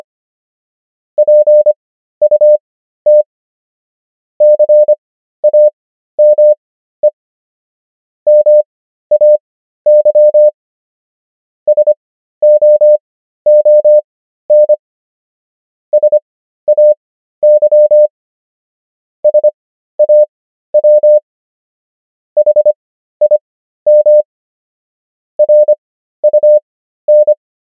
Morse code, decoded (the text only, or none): PUT CAME MAY SOON SAY SAW HIM RUN